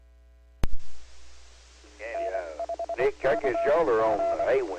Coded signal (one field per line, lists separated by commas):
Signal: Morse code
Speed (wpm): 24 wpm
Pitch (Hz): 680 Hz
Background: speech, radio noise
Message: N5CG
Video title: N5CG - CAUHF | W5DI - C.A.R.E.N Club |Amateur Radio Repeaters